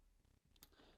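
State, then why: Seated. A Type B cable connector, with its clip on the outside, is pushed into the stepper motor socket of a FoxAlien CNC 4th (rotary) axis. A short, sharp click sounds at 0.6 s as it latches, confirming the connector is seated and held tight.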